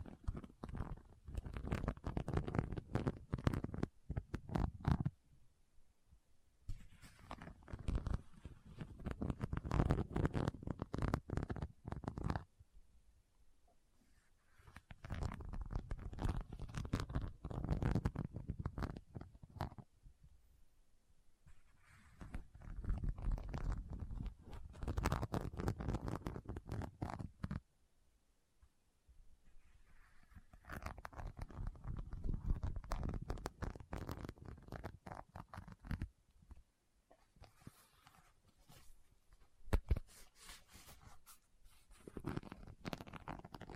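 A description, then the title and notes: Rummaging through a bag: dense bursts of rustling and crinkling handling noise come in stretches of several seconds, broken by brief quiet pauses. ASMR What's In My Bag (No Talking).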